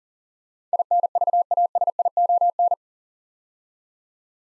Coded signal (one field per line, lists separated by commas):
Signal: Morse code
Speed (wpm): 37 wpm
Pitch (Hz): 700 Hz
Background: none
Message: INVASION